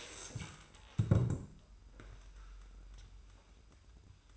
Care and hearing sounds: daily activity, microphone in the room; stand up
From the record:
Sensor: 2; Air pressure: 990.3 hPa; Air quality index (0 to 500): 178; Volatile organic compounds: 1000 ppm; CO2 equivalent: 5645 ppm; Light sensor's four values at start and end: 32/75/31/31 and 32/71/30/30

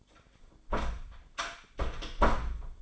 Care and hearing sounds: daily activity, microphone in the room; close door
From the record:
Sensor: 5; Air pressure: 1015.3 hPa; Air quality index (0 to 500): 209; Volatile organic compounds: 11 ppm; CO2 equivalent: 2268 ppm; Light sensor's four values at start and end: 36/81/33/32 and 36/81/33/32

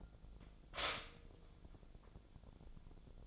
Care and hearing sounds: daily activity, microphone in the room; stop toaster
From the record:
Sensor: 5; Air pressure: 1000.4 hPa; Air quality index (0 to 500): 131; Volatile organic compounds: 2 ppm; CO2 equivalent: 1037 ppm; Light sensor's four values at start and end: 77/181/77/82 and 77/179/76/82

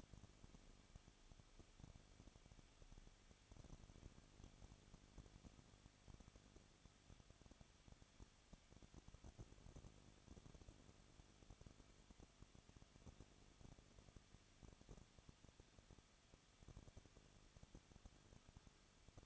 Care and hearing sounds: daily activity, microphone in the room; no activity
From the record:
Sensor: 4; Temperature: 23.0 degrees Celsius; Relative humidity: 34.2%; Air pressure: 1007.2 hPa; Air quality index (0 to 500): 213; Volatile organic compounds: 14 ppm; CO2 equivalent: 2457 ppm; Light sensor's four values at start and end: 2/3/1/1 and 2/3/1/1

